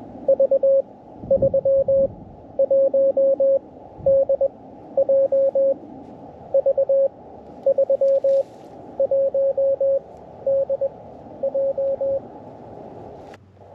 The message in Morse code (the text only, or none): V31DJ V31DJ